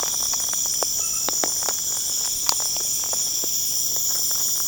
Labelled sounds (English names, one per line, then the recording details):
none
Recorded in pastures near Puerto Asís, Putumayo, Colombia, on 23 June 2025 at 21:00
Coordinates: 0.496, -76.326
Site GP01